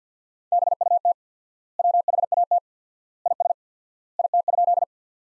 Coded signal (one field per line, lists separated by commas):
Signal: Morse code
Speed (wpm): 50 wpm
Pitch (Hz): 700 Hz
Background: none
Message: BUT WHAT IS IT?